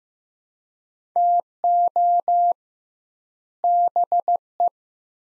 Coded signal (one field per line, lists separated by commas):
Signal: Morse code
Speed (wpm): 15 wpm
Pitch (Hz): 700 Hz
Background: none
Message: TO BE